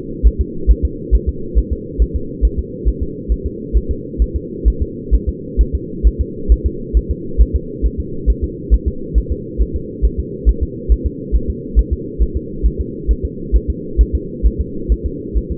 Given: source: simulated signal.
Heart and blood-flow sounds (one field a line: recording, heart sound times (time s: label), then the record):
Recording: fetal heart sounds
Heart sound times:
0.27 s: S1
0.41 s: S2
0.71 s: S1
0.85 s: S2
1.15 s: S1
1.29 s: S2
1.58 s: S1
1.73 s: S2
2.02 s: S1
2.16 s: S2
2.45 s: S1
2.59 s: S2
2.88 s: S1
3.03 s: S2
3.32 s: S1
3.46 s: S2
3.77 s: S1
3.91 s: S2
4.22 s: S1
4.36 s: S2
4.68 s: S1
4.82 s: S2
5.14 s: S1
5.29 s: S2
5.61 s: S1
5.75 s: S2
6.07 s: S1
6.21 s: S2
6.52 s: S1
6.66 s: S2
6.97 s: S1
7.11 s: S2
7.41 s: S1
7.56 s: S2
7.86 s: S1
8.00 s: S2
8.30 s: S1
8.44 s: S2
8.74 s: S1
8.88 s: S2
9.18 s: S1
9.32 s: S2
9.62 s: S1
9.76 s: S2
10.05 s: S1
10.19 s: S2
10.49 s: S1
10.63 s: S2
10.92 s: S1
11.06 s: S2
11.35 s: S1
11.50 s: S2
11.79 s: S1
11.93 s: S2
12.22 s: S1
12.37 s: S2
12.66 s: S1
12.80 s: S2
13.11 s: S1
13.25 s: S2
13.56 s: S1
13.70 s: S2
14.01 s: S1
14.15 s: S2
14.46 s: S1
14.61 s: S2
14.92 s: S1
15.06 s: S2
15.37 s: S1
15.52 s: S2
From the record:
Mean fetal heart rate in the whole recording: 135 bpm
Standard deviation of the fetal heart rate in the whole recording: 3 bpm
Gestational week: 34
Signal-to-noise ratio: -4.3 dB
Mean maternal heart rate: 72 bpm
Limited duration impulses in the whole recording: absent